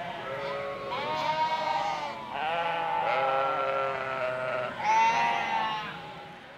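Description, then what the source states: Sheep bleating, long wavering bleats from several animals overlapping almost without a break, one loud bleat standing out near the end. Flock in a sheepfold.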